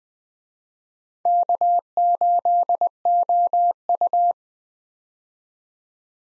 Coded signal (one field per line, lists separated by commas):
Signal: Morse code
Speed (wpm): 20 wpm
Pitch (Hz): 700 Hz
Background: none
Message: K8OU